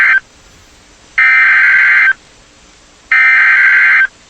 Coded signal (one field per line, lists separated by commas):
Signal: Emergency Alert System (SAME) tones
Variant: header bursts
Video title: (EAS#152) Severe Thunderstorm Warning